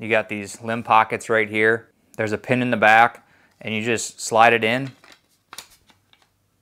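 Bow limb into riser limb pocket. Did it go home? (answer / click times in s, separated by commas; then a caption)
yes / 5.5 s. Someone talks while the upper limb of a Hoyt Satori takedown recurve bow is slid into the riser's limb pocket over the pin at the back. After the talking stops, a sharp snap at 5.5 s marks the limb seating in place, followed by a few faint ticks.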